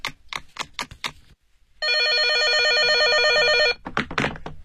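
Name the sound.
telephone ringing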